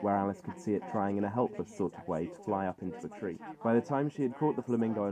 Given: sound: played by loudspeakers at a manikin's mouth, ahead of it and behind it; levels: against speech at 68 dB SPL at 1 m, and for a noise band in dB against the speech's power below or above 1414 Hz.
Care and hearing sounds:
test signals for a remote microphone
0.00-5.12 s: man speaking, babble ahead at +6 dB SNR for speech at 1 m
From the record:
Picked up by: measurement microphone

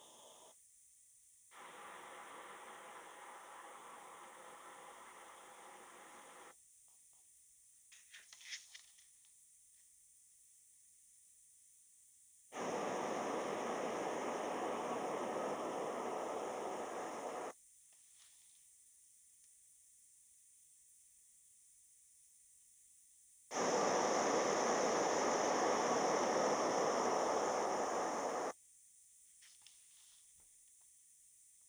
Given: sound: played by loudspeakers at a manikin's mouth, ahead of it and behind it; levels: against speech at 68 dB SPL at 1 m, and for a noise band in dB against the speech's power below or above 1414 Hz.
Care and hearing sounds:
test signals for a remote microphone
0.00-0.51 s: speech-spectrum noise from ahead
1.51-6.51 s: speech-spectrum noise from behind
12.51-17.51 s: speech-spectrum noise from the mouth, turned 45 degrees left
23.51-28.51 s: speech-spectrum noise from the mouth, facing ahead
From the record:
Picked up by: remote microphone D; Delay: 24 ms

